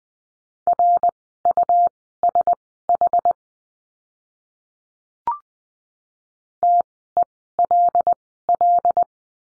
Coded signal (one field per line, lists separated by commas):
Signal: Morse code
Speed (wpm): 20 wpm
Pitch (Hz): 700 Hz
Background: none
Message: RUSH TELL